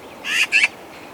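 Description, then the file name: Eurasian magpie giving two rough, grating notes in fast succession, a short burst of harsh chatter. "Pica pica"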